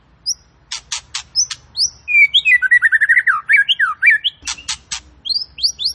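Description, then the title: White-rumped shama song, opening with sharp clicks and high whistles, then a rapid jumble of slurred, swooping notes, ending in more clicks and rising whistles over a faint low hum. Fighter bird, quick to become agitated. "Murai Fighter Cepat Emosi. Murai Petarung Cepat Emosi"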